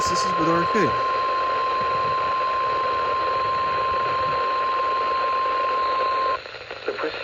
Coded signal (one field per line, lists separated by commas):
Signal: Emergency Alert System (SAME) tones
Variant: 1050 Hz attention tone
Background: speech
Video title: (Unexpected catch) WWF76 Required Weekly Test. 12/3/25 EAS #520